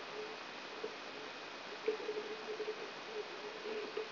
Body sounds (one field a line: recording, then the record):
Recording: brain microelectrode recording played as sound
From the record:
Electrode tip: outside the subthalamic nucleus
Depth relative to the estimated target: 4 mm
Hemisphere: right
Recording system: AlphaMap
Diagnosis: Parkinson's disease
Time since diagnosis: 19 years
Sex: male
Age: 59 years